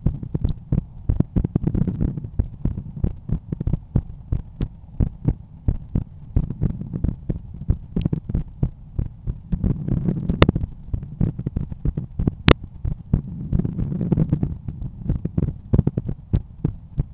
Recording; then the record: heart sounds by stethoscope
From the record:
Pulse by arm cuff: 89 bpm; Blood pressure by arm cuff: 141/91 mmHg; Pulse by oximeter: 91 bpm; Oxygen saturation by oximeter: 97%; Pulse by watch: 92 bpm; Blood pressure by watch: 126/80 mmHg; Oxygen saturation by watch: 97%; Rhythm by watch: sinus rhythm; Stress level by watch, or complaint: low stress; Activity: after 5 min smoking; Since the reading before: plus 4300 steps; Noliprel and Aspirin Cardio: no pills today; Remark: recalibration of the watch 3 / 3 measurements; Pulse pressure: 50 mmHg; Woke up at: 7:00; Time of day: 20:30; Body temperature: 36.4 C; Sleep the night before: 8 h 5 min, score 54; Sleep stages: REM 28%, light 57%, deep 5%, awake 10%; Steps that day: 9800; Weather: cloudy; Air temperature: 15.1 C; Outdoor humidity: 90%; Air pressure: 1014 hPa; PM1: 2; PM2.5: 5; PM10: 7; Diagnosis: hypertension, treated with Noliprel and Aspirin Cardio 100 mg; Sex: male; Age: 53 years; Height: 174 cm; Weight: 81 kg